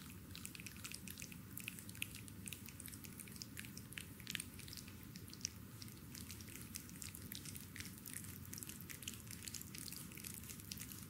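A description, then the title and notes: Stone balls are rolled and pressed in a massage, giving a steady, dense crackle of small clicks and taps with no pauses. A low, rough rubbing sound runs underneath the whole time, and a few sharper clicks stand out now and then. ASMR Massage with Stone Balls. Video include neck, back, foot stone balls massage.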